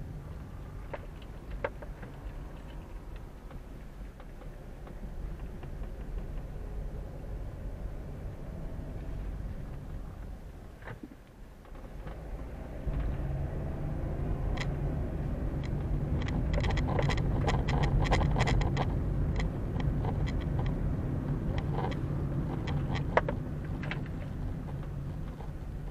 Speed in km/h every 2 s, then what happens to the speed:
10, 7, 6, 9, 12, 5, 12, 21, 26, 27, 30, 27, 16.
0-11 steady at about 7. 11-20 speeds up to 30. 20-26 slows to 16.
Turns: none.